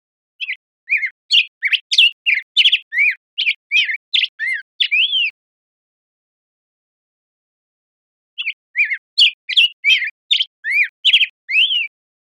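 Black-headed grosbeak song: a long warbling run of many quick, slurred whistled notes, a pause of about three seconds, then a second similar phrase.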